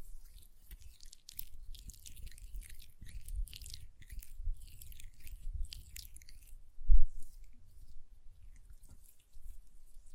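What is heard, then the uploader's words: Soft hand sounds with rubbing and moist, squishy lotion noises, made up of dense, irregular crackles and brushes over a low rumble. A sharper, louder thump lands near the seven-second mark. ASMR Hand Sounds, Nail Tapping and Lotion Sounds (No Talking).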